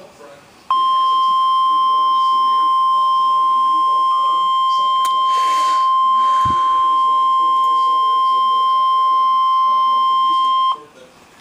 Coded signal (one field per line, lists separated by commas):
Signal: Emergency Alert System (SAME) tones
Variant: 1050 Hz attention tone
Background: speech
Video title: EAS Alert #345 (Tornado Warning)